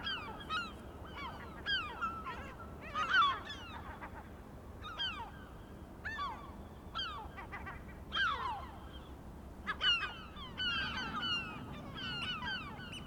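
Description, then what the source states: Gulls crying with sharp, screechy downward notes in scattered bursts, several birds calling over one another. Recorded 23 May 2004.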